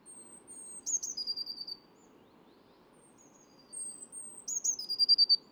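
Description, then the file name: Eurasian blue tit gives two high phrases, each a thin whistled lead-in ending in a rapid silvery trill, over faint steady background noise. "Cyanistes caeruleus"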